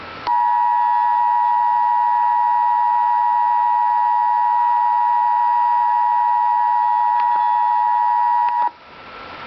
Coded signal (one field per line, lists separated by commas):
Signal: Emergency Alert System (SAME) tones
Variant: 853 and 960 Hz attention tone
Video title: Real EAS Alert #52 - Severe Thunderstorm Warning